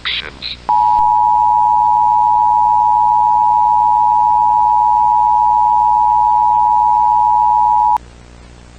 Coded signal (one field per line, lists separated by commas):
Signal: Emergency Alert System (SAME) tones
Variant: 853 and 960 Hz attention tone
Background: speech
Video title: EAS Scenario: SCP 049 - THE PLAGUE DOCTOR